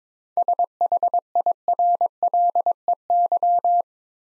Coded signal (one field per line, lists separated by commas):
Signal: Morse code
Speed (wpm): 22 wpm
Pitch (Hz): 700 Hz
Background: none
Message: SHIRLEY